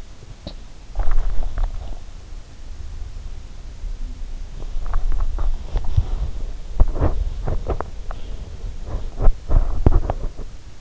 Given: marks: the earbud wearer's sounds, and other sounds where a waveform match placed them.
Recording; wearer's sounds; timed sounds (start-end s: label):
sounds in sleep by an in-ear microphone; teeth grinding, swallowing
0.00-0.73 s: teeth grinding
0.83-2.13 s: swallowing
4.45-6.50 s: teeth grinding
6.69-8.71 s: teeth grinding
8.85-10.81 s: teeth grinding